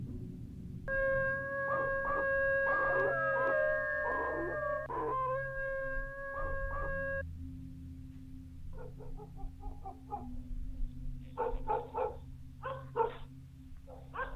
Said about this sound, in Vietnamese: Ở bên ngoài cổng tự nhiên có tiếng chó tru lên 3 hồi. Sau đó bầy chó nó sủa nhấm nha nhấm nhặng.